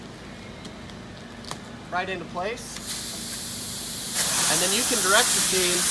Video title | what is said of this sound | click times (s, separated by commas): Raimo Big Bag Dispenser | this tube extension which will just snap right into place | 1.5 s